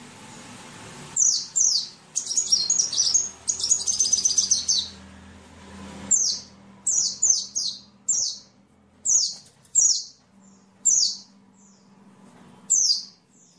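Bird song: high chattering bursts, then spaced sharp downslurred notes, over a steady low hum.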